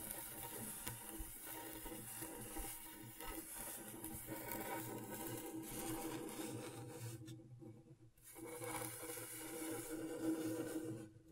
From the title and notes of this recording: ASMR Brain Tingling Scratchboard (No Talking).